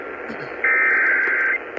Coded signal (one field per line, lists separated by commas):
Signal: Emergency Alert System (SAME) tones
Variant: header bursts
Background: speech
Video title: KDKA FFW EAS-628